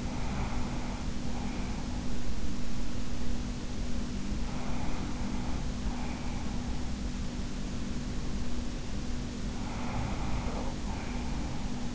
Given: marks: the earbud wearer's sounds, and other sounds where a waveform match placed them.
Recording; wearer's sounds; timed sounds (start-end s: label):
sounds in sleep by an in-ear microphone; breath
0.00-2.15 s: breath
4.24-7.02 s: breath
9.50-11.95 s: breath